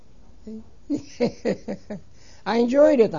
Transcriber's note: he laughs